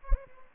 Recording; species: mosquito wingbeat signal from an infrared sensor; Aedes aegypti